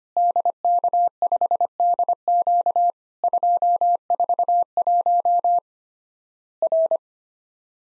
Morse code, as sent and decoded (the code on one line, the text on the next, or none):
-.. -.- ..... -.. --.- / ..--- ....- .---- / .-.
DK5DQ 241 R